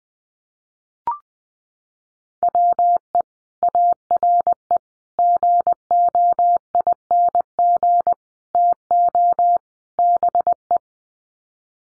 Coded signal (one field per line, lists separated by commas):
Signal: Morse code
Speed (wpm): 20 wpm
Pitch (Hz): 700 Hz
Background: none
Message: WE ARE GOING TO BE